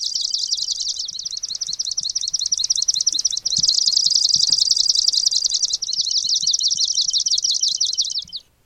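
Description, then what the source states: Swamp sparrow song: a continuous trill of sharp high notes, with the note shape changing twice along the way. Song made up of different notes built from smaller units.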